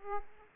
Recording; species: mosquito wingbeat signal from an infrared sensor; Aedes aegypti